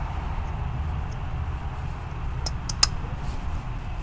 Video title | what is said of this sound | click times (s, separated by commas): 2011 Camaro Oil Catch Can Install | just snaps into place just like that. | 2.8 s